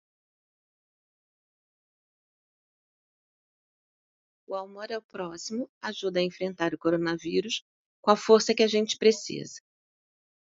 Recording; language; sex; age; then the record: spoken sentence; Brazilian Portuguese; female; 50 to 59 years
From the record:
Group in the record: control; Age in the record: 54 years